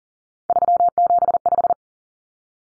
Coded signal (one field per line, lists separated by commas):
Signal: Morse code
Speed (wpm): 40 wpm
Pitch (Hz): 700 Hz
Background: none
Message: 375